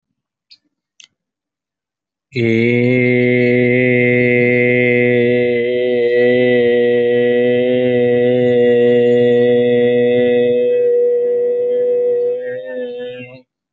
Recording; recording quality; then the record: sustained vowel as in made; excellent, no background noise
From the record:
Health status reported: healthy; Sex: male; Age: 27 years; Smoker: yes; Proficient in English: no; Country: India